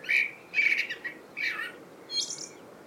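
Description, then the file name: Eurasian blackbird singing a short mellow phrase of a few fluty notes, ending in a brief, scratchy high-pitched flourish. "Turdus merula"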